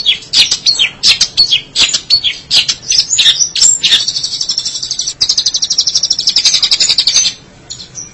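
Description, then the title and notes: Long-tailed Shrike song: irregular harsh chattering notes, then a steady fast buzzy rattle that ends abruptly near seven seconds. Local Indonesian name 'pentet'; recording labelled 201703. "Pentet 201703. Suara burung pentet"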